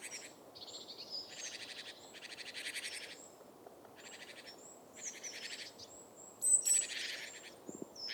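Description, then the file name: Great tit rasping buzzy churrs alternating with thin high whistles, several bursts in sequence over steady background noise. "Parus major"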